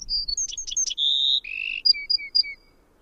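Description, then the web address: Bewick's wren song: high whistled opening with quick chips, a sustained pure tone, a buzzy trill, then three slurred paired notes. "Songs of Birds of North America Know Your Bird Sounds. Bewicks Wren"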